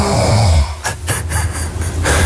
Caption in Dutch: Dit was ik rond een uurtje of 2:30. Lekker diep in slaap. Een beetje snurken.